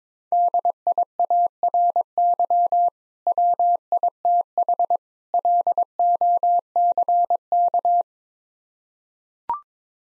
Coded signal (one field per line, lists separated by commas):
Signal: Morse code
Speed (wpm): 22 wpm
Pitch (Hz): 700 Hz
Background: none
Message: DIARY WITH LOCK